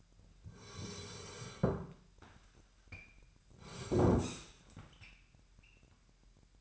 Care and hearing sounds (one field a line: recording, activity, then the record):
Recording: daily activity, microphone in the room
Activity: sit down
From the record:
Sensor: 2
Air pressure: 998.4 hPa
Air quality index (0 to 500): 124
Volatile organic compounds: 3 ppm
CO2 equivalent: 1408 ppm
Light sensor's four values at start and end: 5/11/5/5 and 6/13/5/6